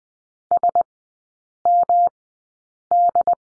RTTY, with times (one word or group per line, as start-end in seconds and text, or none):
none